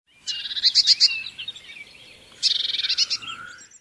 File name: Cyanistes caeruleus